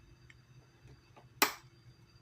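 Sewing thread on a Singer Inspiration sewing machine is pressed down into the plastic thread-guide clip over a low steady hum, with faint ticks at about 0.3 s and 1.2 s. A sharp, bright click at 1.4 s marks the thread snapping into the guide and seating in place.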